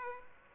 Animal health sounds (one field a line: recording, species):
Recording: mosquito wingbeat signal from an infrared sensor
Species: Aedes aegypti